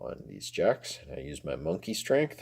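Someone talks while pressing an acrylic back panel onto a small synthesizer filter module, pushing on the jacks with both thumbs. Nothing has seated or clicked yet; the panel is handled but not home.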